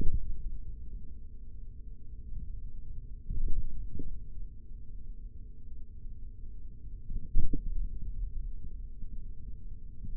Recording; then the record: forearm muscle sounds (acoustic myography)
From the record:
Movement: hand opening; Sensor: system 3, bracelet of six PUI Audio POM-2738L microphones around the upper forearm, with dedicated amplification and filtering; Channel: 3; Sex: male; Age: 56 years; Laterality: right